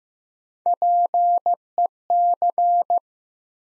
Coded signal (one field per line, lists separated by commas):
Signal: Morse code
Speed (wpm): 15 wpm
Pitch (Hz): 700 Hz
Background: none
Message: PEC